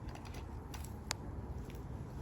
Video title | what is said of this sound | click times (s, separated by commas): Mercedes Benz vs BMW Mountain Bike | it's locked in here | 1.1 s